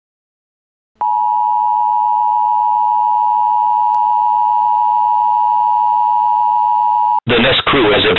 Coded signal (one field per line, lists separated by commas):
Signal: Emergency Alert System (SAME) tones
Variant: 853 and 960 Hz attention tone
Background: speech